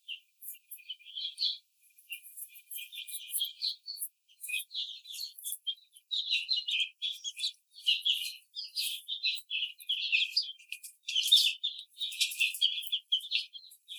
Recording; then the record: young laying hens in a cage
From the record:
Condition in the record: treatment cage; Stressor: simulated dog barking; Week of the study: 5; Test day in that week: 1